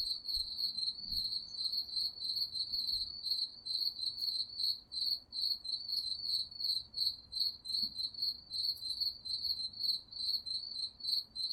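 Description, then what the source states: Crickets chirping continuously in rapid, high pulsed trills, with a few faint low thumps in the background. Crickets chirping at night.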